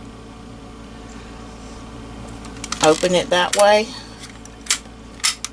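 Someone talks over a steady low hum while the cover of a Singer buttonhole maker attachment is put back down. The cover then snaps shut with two sharp clicks at about 4.7 s and 5.3 s, and it is closed and seated.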